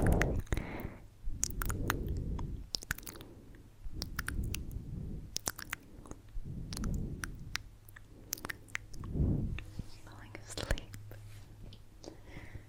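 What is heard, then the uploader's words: Intense mouth sounds: wet, squishy chewing and smacking in repeated low, thick bursts every second or two. Sharp bright clicks and crunchy snaps cut through between them, and a faint steady low hum runs underneath the whole time. ASMR Intense Mouth Sounds with New Mic.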